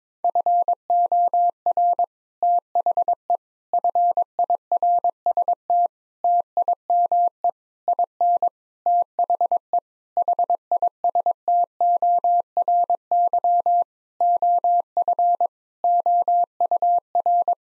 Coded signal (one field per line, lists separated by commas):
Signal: Morse code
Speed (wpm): 22 wpm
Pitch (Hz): 700 Hz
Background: none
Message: FOR THE FIRST TIME IN THE HISTORY OF OUR